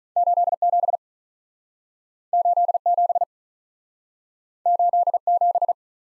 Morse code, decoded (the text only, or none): 8 7 8 7 8 7